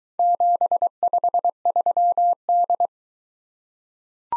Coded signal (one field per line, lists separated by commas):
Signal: Morse code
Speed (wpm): 22 wpm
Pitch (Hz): 700 Hz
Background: none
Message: 753D